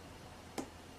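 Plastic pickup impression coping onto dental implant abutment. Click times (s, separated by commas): 0.6 s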